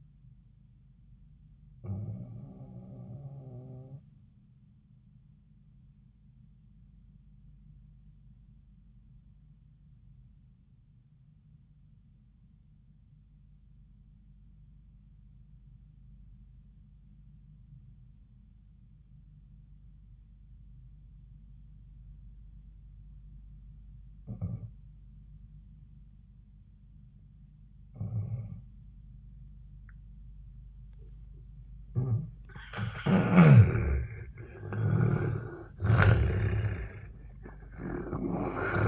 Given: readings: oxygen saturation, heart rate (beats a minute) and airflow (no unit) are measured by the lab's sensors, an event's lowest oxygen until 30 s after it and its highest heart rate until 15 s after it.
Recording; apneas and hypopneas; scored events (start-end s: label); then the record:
breathing in sleep by a smartphone at the bedside; 1
6.00-30.00 s: obstructive apnea (N2, oxygen 98% highest, then 76% lowest)
From the record:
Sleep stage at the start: N2 (light sleep); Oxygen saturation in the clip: 76 to 98%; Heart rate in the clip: 74 to 88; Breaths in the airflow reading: 5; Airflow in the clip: -14.9 to 9.4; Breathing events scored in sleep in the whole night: 400 in 8.7 hours asleep